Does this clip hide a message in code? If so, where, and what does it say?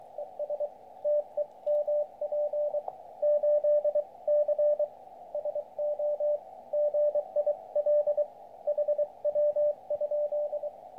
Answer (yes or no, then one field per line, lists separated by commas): yes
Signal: Morse code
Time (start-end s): 0.2-10.7 s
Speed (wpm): 23 wpm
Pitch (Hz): 590 Hz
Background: radio noise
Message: ES TEMP 8C SO GIL HW?